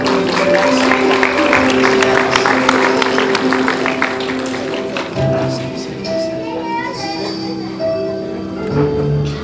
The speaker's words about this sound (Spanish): Las recibimos con fuertes aplausos, por favor.